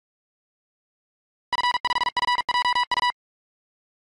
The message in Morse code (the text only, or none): F5FJU